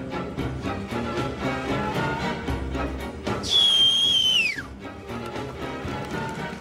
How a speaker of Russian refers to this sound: Человек с обрезом свистит, и на его свист выходят вооруженные люди.